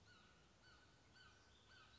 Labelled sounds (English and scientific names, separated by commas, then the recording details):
Mountain Quail (Oreortyx pictus)
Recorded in Sonoma County, California